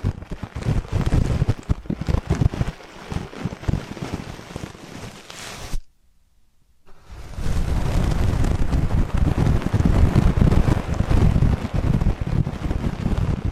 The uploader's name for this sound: ASMR 3D Deep Ear Canal & Eardrum Cleaning